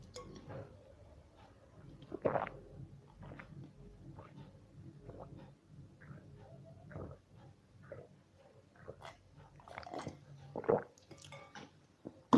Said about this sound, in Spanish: Es un trago largo porque no voy a estar parando cada cinco minutos.